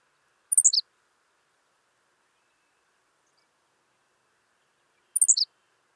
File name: Ammodramus henslowii - Henslow's Sparrow